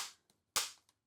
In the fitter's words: nice little click